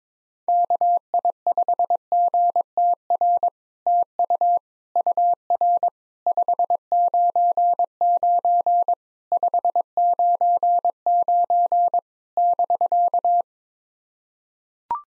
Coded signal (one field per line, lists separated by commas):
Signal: Morse code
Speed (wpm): 22 wpm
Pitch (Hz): 700 Hz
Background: none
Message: KI5GTR TU UR 599 599 <BK>